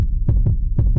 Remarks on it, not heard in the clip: Heartbeat when we asked her if she will be able to maintain her standard of living when she retires.